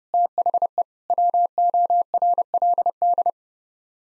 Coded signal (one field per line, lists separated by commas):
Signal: Morse code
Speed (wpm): 30 wpm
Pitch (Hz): 700 Hz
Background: none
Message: THE WORLD